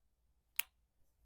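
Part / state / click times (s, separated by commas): watch bracelet folding clasp closing / seated / 0.6 s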